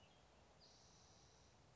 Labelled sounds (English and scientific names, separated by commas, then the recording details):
Spotted Towhee (Pipilo maculatus)
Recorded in Sonoma County, California